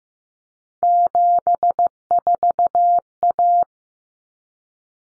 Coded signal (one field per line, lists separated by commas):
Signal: Morse code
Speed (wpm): 15 wpm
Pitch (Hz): 700 Hz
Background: none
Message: 74A